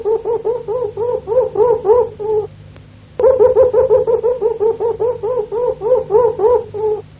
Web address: canarios cantoharz